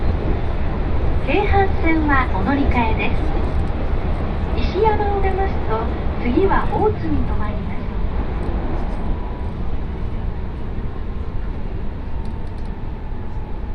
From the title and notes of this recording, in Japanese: 耳で楽しむ鉄道旅 東海道本線新快速 草津→新大阪。大津を出ると長いトンネルに入って京都府へ抜け山科へ。